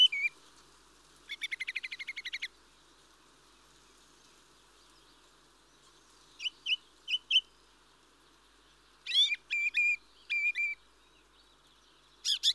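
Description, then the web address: Mistle thrush rattle call: a dry, fast chattering burst lasting about a second, followed by scattered short sharp notes and a second cluster of clipped notes. "BBC Sound Effects Library Birds Mistle Thrush (Turdus Viscivorus)"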